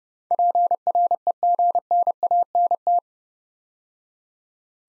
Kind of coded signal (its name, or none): Morse code